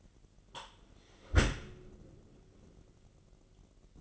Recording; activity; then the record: daily activity, microphone in the room; close dishwasher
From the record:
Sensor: 4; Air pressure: 999.2 hPa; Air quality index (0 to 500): 122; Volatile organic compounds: 2 ppm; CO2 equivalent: 1198 ppm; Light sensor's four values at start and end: 8/20/8/8 and 8/20/8/8